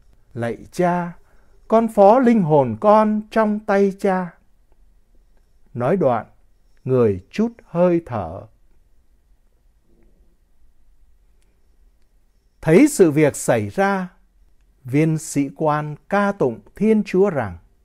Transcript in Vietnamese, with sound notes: "Lạy Cha, Con phó linh hồn Con trong tay Cha". Nói đoạn, Người trút hơi thở. (Thinh lặng trong giây lát) Thấy sự việc xảy ra, viên sĩ quan ca tụng Thiên Chúa rằng: